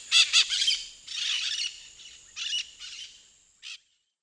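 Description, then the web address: White-eyed parakeet squawks: a few loud, grating screeches in quick succession, then spaced rasping calls that grow fainter, ending with one short shriek. Recorded in the eastern lowlands of South America. "Natures Songs S America Eastern Lowlands. White-eyed Parakeet"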